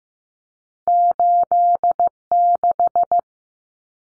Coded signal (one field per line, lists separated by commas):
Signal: Morse code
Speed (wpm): 15 wpm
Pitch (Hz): 700 Hz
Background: none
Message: 86